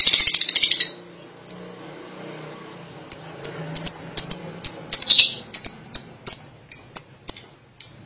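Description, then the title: Lovebird calls, a dense chattering burst, then a steady series of sharp, high chirps repeated several times a second. "BM Suara Burung Lovebird"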